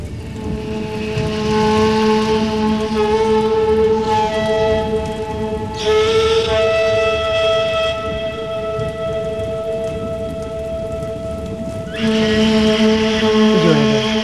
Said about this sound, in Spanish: Llueve. Hay tormenta. Casi nieva.